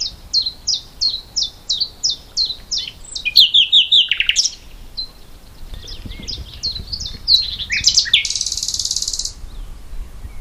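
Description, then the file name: Common nightingale song: a steady series of sharp descending notes, rich fast warbles, a quick repeated pulse run and a loud buzzy hiss. "Luscinia megarhynchos"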